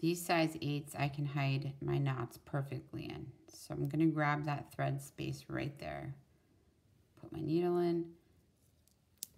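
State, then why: Seated. While finishing a beaded bracelet, someone talks and then pulls a needle and thread so the knot slides inside a size 8 glass seed bead to hide it. A sharp click at 9.2 s marks the knot snapping into the bead, and it is seated out of sight.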